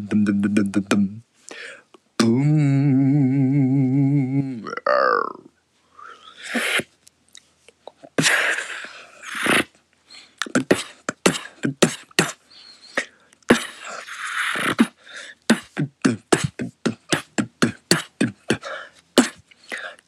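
A human beatbox performance, opening with a low buzzing tone, then a wavering, siren-like sung note around the two-to-five second mark. After that come short, punchy mouth percussion hits and breathy bursts, growing into a fast, regular run of sharp clicks and snares toward the end.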